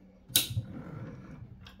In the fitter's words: užsifiksavo.